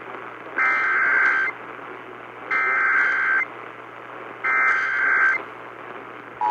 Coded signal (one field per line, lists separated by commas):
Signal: Emergency Alert System (SAME) tones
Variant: header bursts